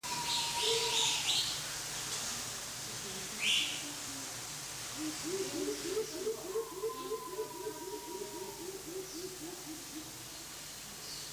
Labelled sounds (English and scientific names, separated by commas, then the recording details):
Orange-fronted Fruit Dove (Ptilinopus aurantiifrons) song
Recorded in captivity
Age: adult
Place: Zoo Berlin, Berlin, DE
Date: 2003-09-18 15:25
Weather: sunny, 23°C
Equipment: Fair Mate ST-1328 (Asahi Electronics, Japan), Sennheiser ME 80, Kopie Uher 4000 Report Monitor
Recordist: Tembrock, Günter
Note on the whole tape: Zwei Lautfolgen (Entfernung ca. 5 m). Starkes Grundrauschen